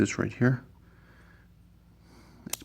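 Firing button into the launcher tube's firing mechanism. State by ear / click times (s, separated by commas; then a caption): seated / 2.5 s. Someone talks briefly, then after a quiet stretch the firing button of a Panzerfaust 30 is pushed into the launcher tube's firing mechanism. It locks into place with a sharp click at 2.5 s.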